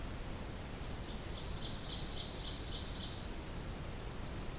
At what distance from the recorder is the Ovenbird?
about 60 m